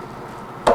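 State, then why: Released. A turned wooden lid is pulled off its wooden box base, where the fit is so tight it acts like a vacuum seal. After a quiet stretch of low background noise, the lid releases with a single sharp pop at 0.7 seconds.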